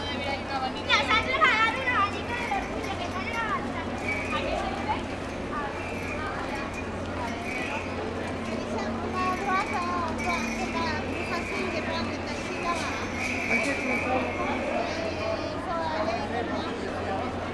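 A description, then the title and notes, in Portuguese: A short walk through the Puerta del Sol, with many voices talking at once in a dense, steady crowd murmur. Louder chatter rises near the start, and a low steady hum runs underneath throughout. Occasional brighter tones and clatters break through the babble. Pequeno percurso na Puerta del Sol.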